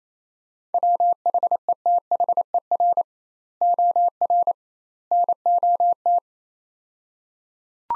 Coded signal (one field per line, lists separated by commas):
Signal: Morse code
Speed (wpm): 28 wpm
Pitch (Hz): 700 Hz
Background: none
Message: WHETHER OR NOT